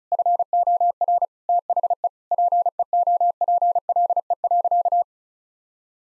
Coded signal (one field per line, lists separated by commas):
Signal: Morse code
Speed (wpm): 36 wpm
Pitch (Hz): 700 Hz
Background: none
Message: FOR THE PEOPLE.